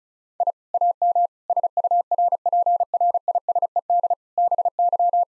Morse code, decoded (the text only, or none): I AM SURPRISED BY